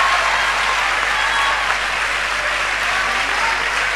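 crowd applause

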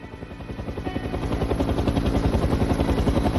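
helicopter flying

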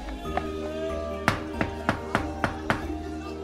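knocking on a door

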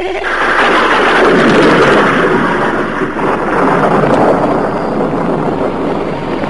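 thunder and rain starting

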